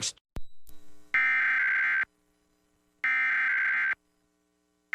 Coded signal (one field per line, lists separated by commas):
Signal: Emergency Alert System (SAME) tones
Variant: header bursts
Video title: Required Monthly Test (EAS #18)